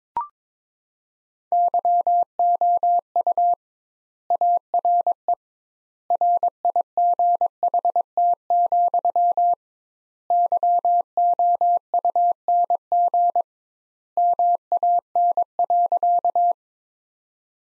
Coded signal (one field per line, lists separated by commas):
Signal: Morse code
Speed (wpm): 22 wpm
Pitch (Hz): 700 Hz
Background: none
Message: YOU ARE RIGHT, YOUNG MAN.